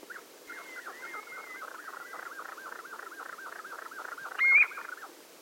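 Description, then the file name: Common ringed plover display call, a faint rhythmic run of repeated whistled notes against steady background hiss, with one sharper louder note near the end. "SANDLO DISPLAY LYB SNI"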